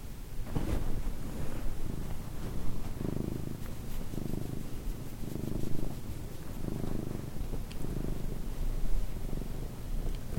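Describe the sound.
Cat purring: soft rumbling pulses in repeated breath cycles, with a brief scratchy noise at the start.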